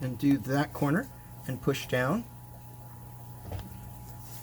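Someone talks while pushing down on a corner of the plastic lid of an Imagitarium net breeder, pressing the lid's corner tab into the slot in the side panel. The tab goes into the slot without any snap, and nothing has seated or clicked yet.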